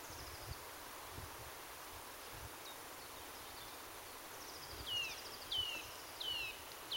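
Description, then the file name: Eurasian nuthatch calls: three or four clear down-slurred notes in the last seconds after a quieter stretch of background noise. "Sitta europaea"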